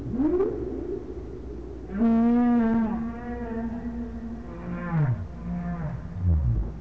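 Whale moans: a quick rising whoop, then a long deep steady moan with strong harmonics, followed by lower falling groans and a final short dipping grunt.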